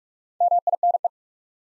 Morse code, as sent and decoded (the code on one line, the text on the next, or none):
-- .. -. .
MINE